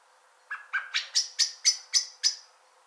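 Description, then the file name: Common blackbird calling: a single run of about eight sharp, clipped chinking notes, evenly spaced and rising in pitch through the series. "Turdus merula"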